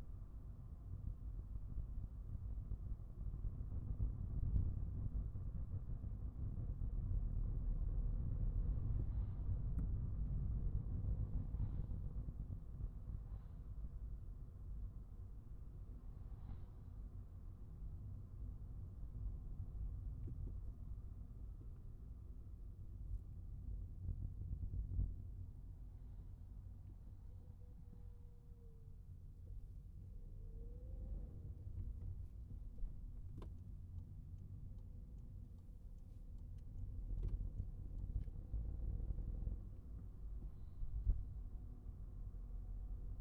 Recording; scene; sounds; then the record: everyday scene through a hearing-aid microphone; in a vehicle; engine, highway traffic jam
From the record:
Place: Skoda Fabia, gasoline engine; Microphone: behind the ear, right, front